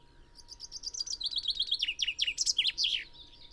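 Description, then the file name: Common chaffinch song, soft repeated notes building into a louder series and ending with loud downward-sweeping notes. "Fringilla coelebs"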